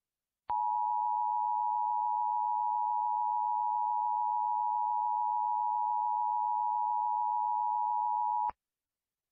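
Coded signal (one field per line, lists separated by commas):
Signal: Emergency Alert System (SAME) tones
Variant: 853 and 960 Hz attention tone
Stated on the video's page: Fictional severe weather scenario based on prior Christmas severe weather events.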